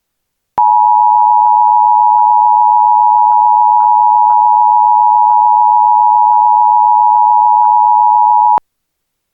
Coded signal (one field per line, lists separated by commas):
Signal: Emergency Alert System (SAME) tones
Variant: 853 and 960 Hz attention tone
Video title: EAS | AMBER Alert After Baby Girl and Mother Kidnapped by 3 Unknown Suspects in North Carolina